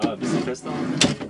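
A soft-close, self-retracting drawer latch in the kitchen cabinet of a 2019 MOOVEO EB630 panel-van motorhome (formerly Bavaria) is being handled while someone talks. A brief broadband burst is heard near 1.0 s, but the drawer has not yet been closed. Nothing has seated or clicked yet.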